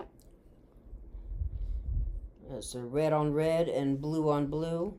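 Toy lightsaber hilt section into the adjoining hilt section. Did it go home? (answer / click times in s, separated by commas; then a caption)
no / none. Plastic toy lightsaber hilt sections are handled and lined up, red marker to red and blue marker to blue, before being pushed into the adjoining hilt section. Only small, faint handling noises are heard at first, followed by someone talking. Nothing has snapped or clicked into place yet.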